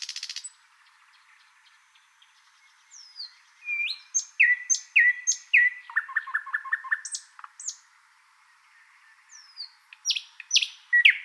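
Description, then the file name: Thrush nightingale song: loud varied phrases of descending whistles, repeated clicking notes and fast rattling trills between pauses, a bright buzzy burst at the start. "British Library - Thrush Nightingale Luscinia luscinia"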